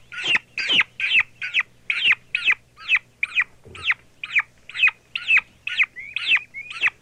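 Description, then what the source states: Young turkey giving sharp, high peeping calls, each note briefly rising then falling, repeated roughly twice per second over a low background hum. Young bird.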